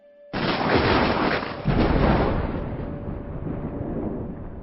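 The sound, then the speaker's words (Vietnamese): A sudden deep boom breaks out, followed by a second surge of rolling, crackling rumble that slowly fades but keeps grumbling, like a heavy thunderclap trailing off; thunder outside sounding again and again, heard from inside an old abandoned fortress. “nhưng bây giờ tiếng sấm ngoài trời đang nổ liên hồi, trong tòa lũy cổ hoang phế lại âm u tối tăm, thành thử ai nấy đều căng thẳng sợ hãi.”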